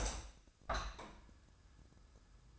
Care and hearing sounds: daily activity, microphone in the room; open window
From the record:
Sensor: 2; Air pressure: 1004.6 hPa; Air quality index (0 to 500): 100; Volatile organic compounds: 2 ppm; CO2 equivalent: 1204 ppm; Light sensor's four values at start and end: 6/14/5/5 and 6/14/5/5

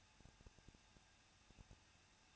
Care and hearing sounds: daily activity, microphone in the room; no activity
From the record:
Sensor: 2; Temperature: 21.0 degrees Celsius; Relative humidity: 37.3%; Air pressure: 1006.2 hPa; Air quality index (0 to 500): 221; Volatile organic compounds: 23 ppm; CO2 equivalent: 2791 ppm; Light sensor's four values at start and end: 2/3/2/2 and 2/3/2/2

